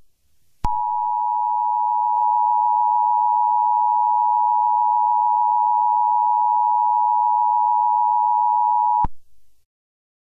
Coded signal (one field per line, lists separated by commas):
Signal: Emergency Alert System (SAME) tones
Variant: 853 and 960 Hz attention tone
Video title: EAS Scenario #2: What Lurks In The Dark